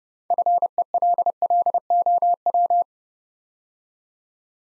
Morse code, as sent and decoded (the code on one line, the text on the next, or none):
..-. . .-.. .-.. --- .--
FELLOW